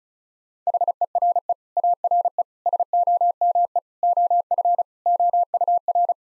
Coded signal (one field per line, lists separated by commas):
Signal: Morse code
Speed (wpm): 34 wpm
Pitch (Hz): 700 Hz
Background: none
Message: HERE ARE SOME OF OUR